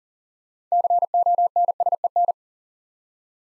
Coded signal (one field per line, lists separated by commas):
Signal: Morse code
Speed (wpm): 41 wpm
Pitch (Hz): 700 Hz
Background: none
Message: CONSEN